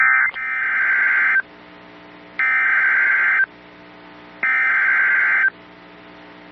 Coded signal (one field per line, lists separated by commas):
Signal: Emergency Alert System (SAME) tones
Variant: header bursts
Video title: I EXPECTED DFW WARNINGS... EAS Alerts from 7/6/25 (EAS#4,237 - #4,243)